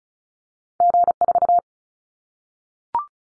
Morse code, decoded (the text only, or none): G4